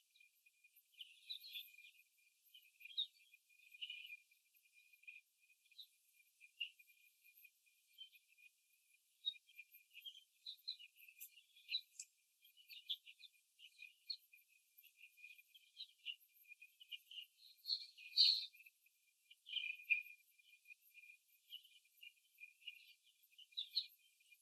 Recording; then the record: young laying hens in a cage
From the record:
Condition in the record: before the stressor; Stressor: simulated dog barking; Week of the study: 3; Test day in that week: 1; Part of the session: 2